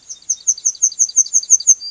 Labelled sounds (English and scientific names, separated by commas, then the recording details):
Yellowhammer (Emberiza citrinella) song
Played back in grassland
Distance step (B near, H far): C
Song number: 003